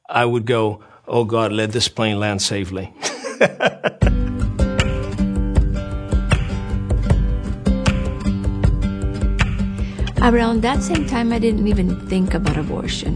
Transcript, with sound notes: I would go, "Oh, God, let this plane land safely." (laughter)
Around that same time, I didn't even think about abortion.